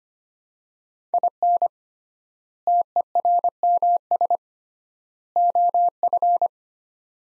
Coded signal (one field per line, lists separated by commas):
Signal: Morse code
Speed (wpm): 25 wpm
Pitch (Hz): 700 Hz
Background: none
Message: IN TERMS OF